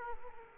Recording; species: mosquito wingbeat signal from an infrared sensor; Aedes aegypti